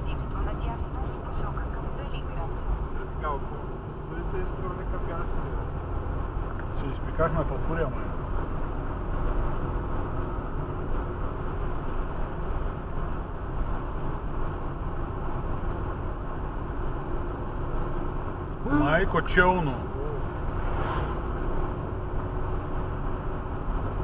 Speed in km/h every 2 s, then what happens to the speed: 46, 45, 47, 53, 55, 53, 51, 52, 54, 52, 58, 55.
4-8 speeds up to 55. 8-24 steady at about 53.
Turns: 11-20.